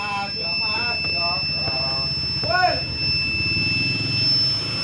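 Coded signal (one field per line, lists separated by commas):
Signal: beep code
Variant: Polytron washing machine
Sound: one continuous high-pitched beep held throughout while a man talks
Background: speech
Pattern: 1 long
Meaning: Error: the machine beeps continuously at power-up and its buttons do not respond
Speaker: kalau kita tombol power tombol powernya powernya debitnya akan berbunyi panjang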